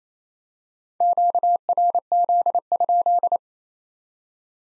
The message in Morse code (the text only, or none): QRZ?